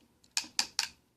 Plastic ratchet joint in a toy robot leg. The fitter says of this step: you want to do I believe it's three clicks